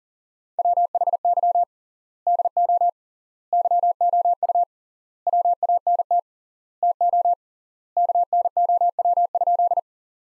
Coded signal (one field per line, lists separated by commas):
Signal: Morse code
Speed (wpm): 40 wpm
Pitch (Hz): 700 Hz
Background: none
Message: WHY DO YOU WANT TO KNOW?